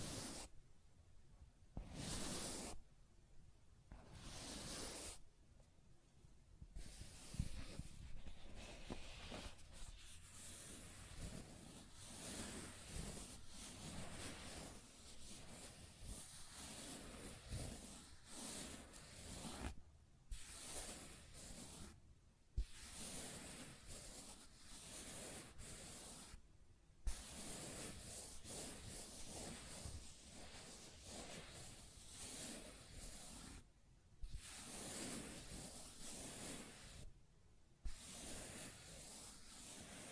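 Continuous scratching and tracing sounds, a dense dry rubbing that runs steadily, broken by brief silent gaps every few seconds.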